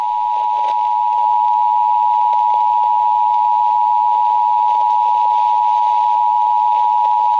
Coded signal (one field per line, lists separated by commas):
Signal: Emergency Alert System (SAME) tones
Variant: 853 and 960 Hz attention tone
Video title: FAKE (EAS Scenario) For Pittsburgh PA